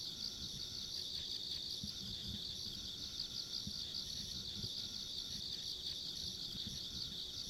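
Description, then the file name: Constant high-pitched insect trilling fills the whole stretch, steady and even, with quiet low-pitched background noise underneath. Ambient insect sounds recorded along a rural country road. "田舎道の虫の環境音"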